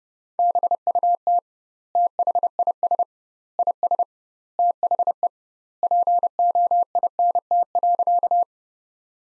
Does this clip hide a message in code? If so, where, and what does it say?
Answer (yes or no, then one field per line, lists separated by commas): yes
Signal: Morse code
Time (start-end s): 0.4-8.4 s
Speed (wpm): 30 wpm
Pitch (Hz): 700 Hz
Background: none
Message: BUT THIS IS THE POINT.